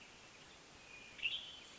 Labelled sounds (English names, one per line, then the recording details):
Western Tanager
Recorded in Sonoma County, California